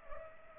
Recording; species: mosquito wingbeat signal from an infrared sensor; Culex pipiens